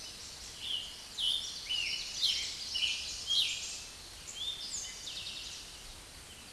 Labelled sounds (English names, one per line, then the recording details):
Eastern Towhee song
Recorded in a Pennsylvania forest on 16 May 2024 at 06:05
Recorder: AudioMoth, point MSD-0475
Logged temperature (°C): 12.3 °C
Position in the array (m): 106 m, 6 m